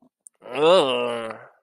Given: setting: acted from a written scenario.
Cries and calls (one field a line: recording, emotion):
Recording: vocal sound without words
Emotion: disgust